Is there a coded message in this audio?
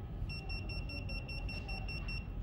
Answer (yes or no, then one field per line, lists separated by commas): no